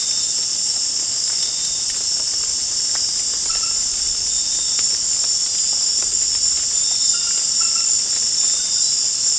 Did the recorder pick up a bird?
no